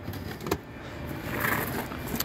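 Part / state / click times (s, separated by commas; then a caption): toilet cassette into its motorhome locker / seated / 2.2 s. An emptied toilet cassette is lined up and slid into its locker on a Compass Avantgarde 150 motorhome, with scraping and knocking as it goes in, including sharp knocks around 0.5 s. Its retaining clip snaps back into position at 2.2 s, seating the cassette firmly, ready for travelling.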